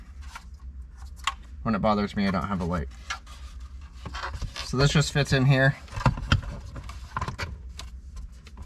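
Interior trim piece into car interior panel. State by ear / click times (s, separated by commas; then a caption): seated / 6.3 s. An interior trim piece is fitted into its spot in the interior panel of a Mk IV Supra during finishing work on a T56 manual conversion, with rubbing and scraping handling sounds while someone talks. The piece is pushed until it snaps into place with a sharp click at 6.3 s, and it is seated.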